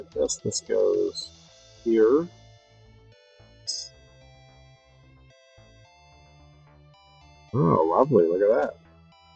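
A plastic part from a retro Tamiya Electric Handy Drill miniature model kit is handled against the drill body assembly while someone talks over steady background music. Nothing has seated or clicked into place yet.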